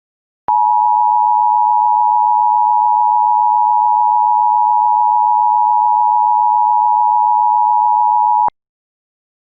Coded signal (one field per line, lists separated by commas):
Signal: Emergency Alert System (SAME) tones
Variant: 853 and 960 Hz attention tone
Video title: EAS Scenario - An Electrifying Escapade